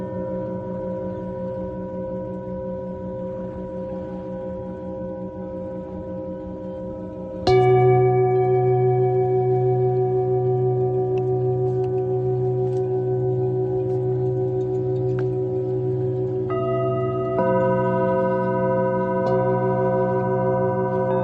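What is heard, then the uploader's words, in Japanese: A singing bowl rings with a steady, sustained hum, its low and middle tones holding evenly for the first seven seconds. At about 7.5 seconds a new strike swells the sound louder and brighter, and further tones join around 16 and 17 seconds, layering into a dense, ringing drone. メキシコから シンギングボウルのサウンドヒーリング。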